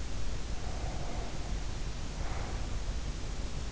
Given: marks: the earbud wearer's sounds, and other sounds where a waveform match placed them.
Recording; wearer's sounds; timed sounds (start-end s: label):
sounds in sleep by an in-ear microphone; breath
0.45-3.14 s: breath